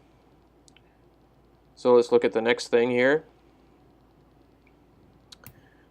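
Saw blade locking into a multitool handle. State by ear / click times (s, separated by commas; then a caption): seated / 5.3 s. The wood saw blade of a steel Leatherman Wave multitool is swung out of the handle while someone talks. A sharp click at 5.3 s marks the blade locking open in place.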